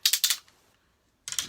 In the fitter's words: your rod you just you'll hear that click see